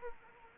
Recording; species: mosquito wingbeat signal from an infrared sensor; Anopheles arabiensis